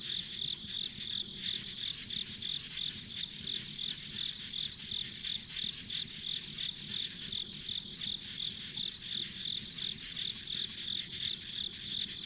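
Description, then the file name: Insect song of high chirps repeating evenly, about three per second throughout, over a continuous background chorus. Ambient insect sounds on a rural country road. "田舎道の虫の環境音"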